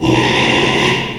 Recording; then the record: squeal of a Yucatan mini pig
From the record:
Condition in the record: after surgery on the right vocal fold (resection and tissue-engineered implant); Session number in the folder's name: 1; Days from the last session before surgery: 6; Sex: male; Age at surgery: 12 weeks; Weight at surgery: 13 kg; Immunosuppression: cyclosporine, prednisolone